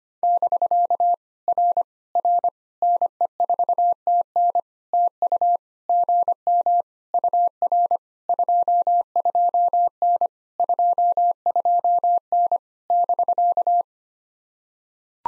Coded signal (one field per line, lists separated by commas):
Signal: Morse code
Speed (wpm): 24 wpm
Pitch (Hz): 700 Hz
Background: none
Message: <BK> R R NE4TN TU GM UR 22N 22N <BK>